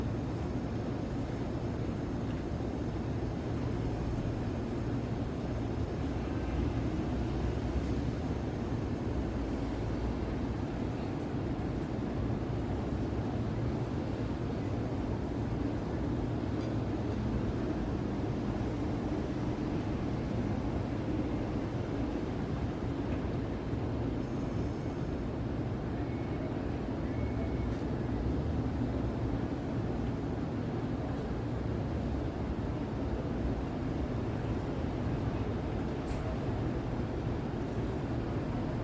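A New York City night heard through an open window: a steady, dense low rumble of traffic and vehicles that never lets up across the whole stretch. The level stays even throughout, with only faint, brief higher sounds surfacing now and then.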